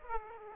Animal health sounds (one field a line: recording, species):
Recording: mosquito wingbeat signal from an infrared sensor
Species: Aedes aegypti